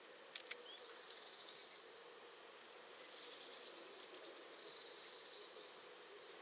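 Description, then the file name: European robin gives a quick series of high, sharp ticks early on, then a single tick later over a quiet, hissy background. "Erithacus rubecula"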